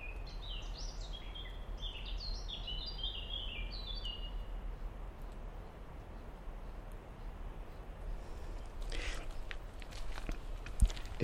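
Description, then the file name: Common blackbird singing a run of clear, slurred notes that step up and down for about four seconds, followed by hiss and a few clicks. "merle"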